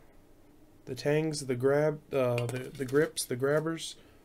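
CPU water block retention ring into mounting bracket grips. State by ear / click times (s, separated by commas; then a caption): not seated / none. Someone talks while handling the plastic retention ring of a Corsair liquid-cooler CPU water block, twisting it and bringing it up toward the grips on the mounting bracket. Only speech is heard, starting about 0.9 s in after a quiet, low hum. Nothing has seated or clicked yet.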